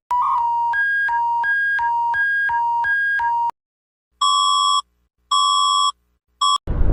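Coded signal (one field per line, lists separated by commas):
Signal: none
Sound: synth notes in music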